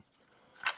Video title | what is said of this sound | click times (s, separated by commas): This NEW AMAZON Knife Just CRUSHED The Competition – Here’s How! (Kizer Hornet) | And nice click out. | 0.7 s